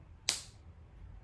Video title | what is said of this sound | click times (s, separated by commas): Cutting skills-Lesson 2-Long straight lines and curve lines | the click let me hear it | 0.3 s